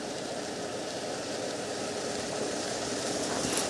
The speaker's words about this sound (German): Unten bleiben! Wer kommt denn jetzt noch? Leise! Der Transporter hält direkt neben den Kisten.